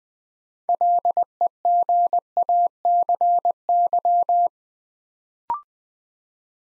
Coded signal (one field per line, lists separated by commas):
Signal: Morse code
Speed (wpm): 20 wpm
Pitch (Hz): 700 Hz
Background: none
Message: LEGACY